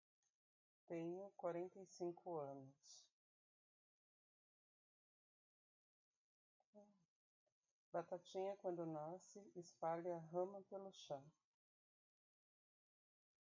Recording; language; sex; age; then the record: short text; Brazilian Portuguese; female; 40 to 49 years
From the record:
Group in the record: control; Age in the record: 45 years